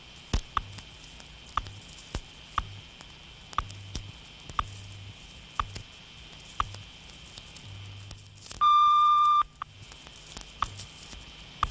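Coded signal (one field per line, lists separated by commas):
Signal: radio time signal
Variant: WWVH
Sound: short ticks each second over static, then a long high beep near 9 s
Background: radio static, low hum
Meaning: The long 1200 Hz tone marks the start of a minute on WWVH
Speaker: Hawai el gobierno de los Estados Unidos posee otra estación con mensajes específicos para la navegación militar y comercial que ofrece también la hora cada minuto Esta es la wvh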